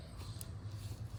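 A plastic wiring harness connector is being handled and pushed toward the new variable valve timing oil control solenoid on a 2007-2010 Hyundai Elantra engine, with a finger braced behind it. A steady low hum runs throughout, with a brief sharp tick at 0.4 s. The connector has not yet seated or clicked in.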